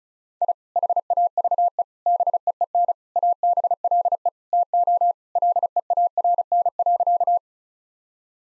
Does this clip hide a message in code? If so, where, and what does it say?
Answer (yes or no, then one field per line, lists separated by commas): yes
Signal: Morse code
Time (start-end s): 0.4-7.4 s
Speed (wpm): 34 wpm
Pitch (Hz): 700 Hz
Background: none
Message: I HAVE BEEN ABLE TO LEARN.